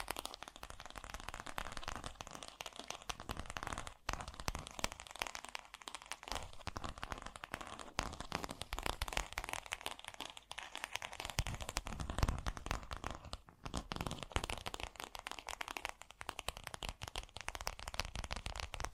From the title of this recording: Fast & Gentle Tapping